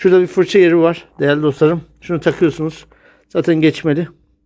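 A man talks while handling a plastic side brush, positioning it at its mount on the underside of a Xiaomi X10 robot vacuum. The brush has not been pressed home yet, and nothing has seated or clicked in this clip.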